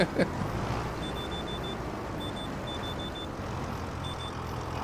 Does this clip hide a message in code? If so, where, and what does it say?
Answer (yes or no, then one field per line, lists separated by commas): no